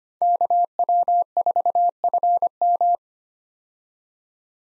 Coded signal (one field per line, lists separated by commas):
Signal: Morse code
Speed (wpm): 25 wpm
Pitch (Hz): 700 Hz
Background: none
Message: KW4FM